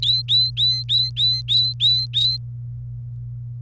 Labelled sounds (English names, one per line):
Domestic Canary song